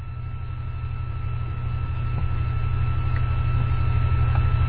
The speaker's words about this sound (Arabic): صوت الطائرة يشوش، فلا قد لا يصل إلى الناس هذا التحذير.